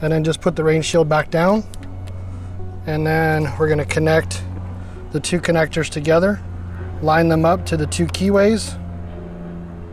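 Two plastic camera wiring connectors for a Toyota Tacoma are lined up to their two keyways before being snapped together, with the rain shield put back down first. Someone talks over a steady low hum throughout. Nothing has seated or clicked yet.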